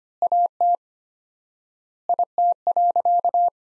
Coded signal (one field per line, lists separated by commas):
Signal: Morse code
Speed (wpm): 25 wpm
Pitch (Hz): 700 Hz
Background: none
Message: AT IT.